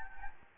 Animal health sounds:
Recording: mosquito wingbeat signal from an infrared sensor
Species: Anopheles gambiae

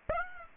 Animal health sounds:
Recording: mosquito wingbeat signal from an infrared sensor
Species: Aedes aegypti

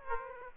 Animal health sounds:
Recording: mosquito wingbeat signal from an infrared sensor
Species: Aedes aegypti

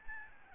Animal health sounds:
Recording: mosquito wingbeat signal from an infrared sensor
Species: Aedes albopictus

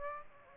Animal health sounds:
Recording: mosquito wingbeat signal from an infrared sensor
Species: Aedes aegypti

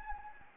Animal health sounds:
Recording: mosquito wingbeat signal from an infrared sensor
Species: Anopheles gambiae

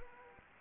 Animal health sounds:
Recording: mosquito wingbeat signal from an infrared sensor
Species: Anopheles arabiensis

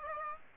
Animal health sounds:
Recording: mosquito wingbeat signal from an infrared sensor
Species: Aedes aegypti

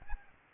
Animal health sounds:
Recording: mosquito wingbeat signal from an infrared sensor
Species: Aedes albopictus

